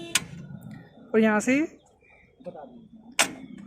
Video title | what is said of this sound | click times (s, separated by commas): New holland 3630 Super plus full review (2020) | इसका ये है, देखो ये ऐसे लॉक हो जाता है जी यहाँ पे, | 0.1 s